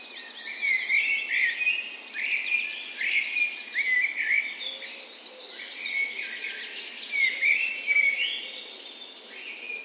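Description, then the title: Birds: bird dawn chorus with lively overlapping songs, rapid chirped and warbled phrases repeated in quick bursts, busy high twittering filling the background. Spring dawn chorus in a park west in Bergen, Norway, morning of 17 May, Norway's National Day; recorded with Sony PCM A10 and LOM micro Usi mics as tree ears. "17th Of May Dawn Chorus"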